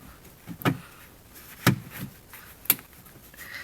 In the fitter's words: till you hear it click